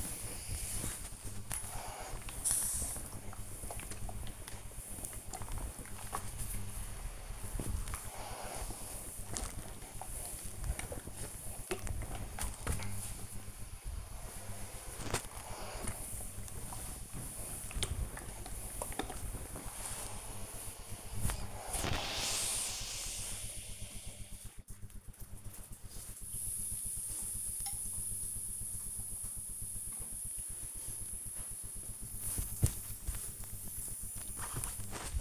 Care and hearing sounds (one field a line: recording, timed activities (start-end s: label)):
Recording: household activities, microphone on the right wrist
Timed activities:
0.00-23.18 s: ironing laundry
29.19-35.21 s: folding laundry